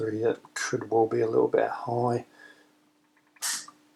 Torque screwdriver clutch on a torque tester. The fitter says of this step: 2.297, so you can see it's operating okay there. You can hear the click.